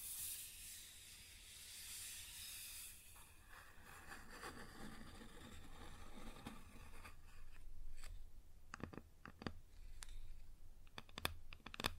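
Scratching on a wooden surface opens as a bright, steady hiss for about three seconds, then turns into a rougher, lower rasping that fades. After eight seconds, sharp separate taps arrive irregularly, several clustered near the end, over a faint low hum.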